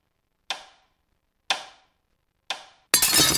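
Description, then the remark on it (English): In a radio ad for the Tabasco Bar's Beat the Clock Thursdays, three sharp, evenly spaced blows strike a watch, each with a quick metallic ring, then a sudden loud burst of shattering glass ends it. No one speaks. “Non, non, pas casser la montre.”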